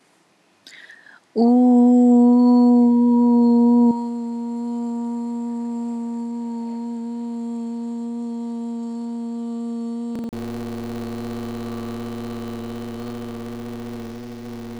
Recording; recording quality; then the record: sustained vowel as in boot; moderate, slight background noise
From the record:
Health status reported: healthy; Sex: female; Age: 32 years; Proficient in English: yes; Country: India